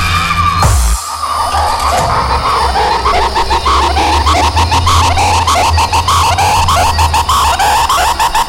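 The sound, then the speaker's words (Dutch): A tin can being shaken hard, making a loud, continuous metallic rattle with rapid, irregular clattering hits that follow an initial sharp burst and carry on steadily to the end. “En nu schud ik het blikje.”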